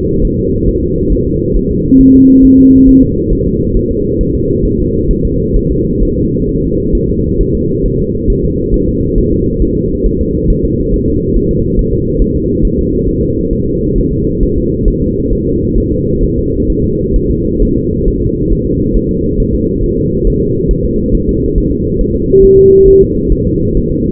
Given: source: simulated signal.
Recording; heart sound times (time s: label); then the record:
fetal heart sounds
0.25 s: S1
0.39 s: S2
0.69 s: S1
0.83 s: S2
1.12 s: S1
1.27 s: S2
1.57 s: S1
1.71 s: S2
2.01 s: S1
2.15 s: S2
2.45 s: S1
2.59 s: S2
2.89 s: S1
3.03 s: S2
3.33 s: S1
3.47 s: S2
3.77 s: S1
3.91 s: S2
4.21 s: S1
4.35 s: S2
4.66 s: S1
4.80 s: S2
5.11 s: S1
5.25 s: S2
5.56 s: S1
5.71 s: S2
6.03 s: S1
6.17 s: S2
6.49 s: S1
6.63 s: S2
6.95 s: S1
7.09 s: S2
7.41 s: S1
7.55 s: S2
7.86 s: S1
8.00 s: S2
8.30 s: S1
8.44 s: S2
8.74 s: S1
8.88 s: S2
9.18 s: S1
9.32 s: S2
9.62 s: S1
9.77 s: S2
10.06 s: S1
10.21 s: S2
10.50 s: S1
10.65 s: S2
10.94 s: S1
11.08 s: S2
11.36 s: S1
11.51 s: S2
11.79 s: S1
11.93 s: S2
12.22 s: S1
12.36 s: S2
12.65 s: S1
12.79 s: S2
13.09 s: S1
13.23 s: S2
13.53 s: S1
13.68 s: S2
13.98 s: S1
14.13 s: S2
14.43 s: S1
14.57 s: S2
14.88 s: S1
15.02 s: S2
15.33 s: S1
15.47 s: S2
15.78 s: S1
15.92 s: S2
16.23 s: S1
16.38 s: S2
16.70 s: S1
16.84 s: S2
17.16 s: S1
17.31 s: S2
17.62 s: S1
17.77 s: S2
18.08 s: S1
18.22 s: S2
18.52 s: S1
18.67 s: S2
18.96 s: S1
19.11 s: S2
19.40 s: S1
19.54 s: S2
19.84 s: S1
19.98 s: S2
20.27 s: S1
20.42 s: S2
20.71 s: S1
20.85 s: S2
21.15 s: S1
21.29 s: S2
21.58 s: S1
21.72 s: S2
22.01 s: S1
22.16 s: S2
22.44 s: S1
22.59 s: S2
22.88 s: S1
23.02 s: S2
23.32 s: S1
23.47 s: S2
23.77 s: S1
23.92 s: S2
From the record:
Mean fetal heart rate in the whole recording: 135 bpm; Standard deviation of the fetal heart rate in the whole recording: 3 bpm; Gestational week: 36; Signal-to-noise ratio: -10.2 dB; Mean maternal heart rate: 72 bpm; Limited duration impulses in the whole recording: present